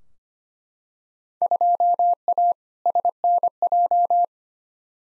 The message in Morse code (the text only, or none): 2A SNJ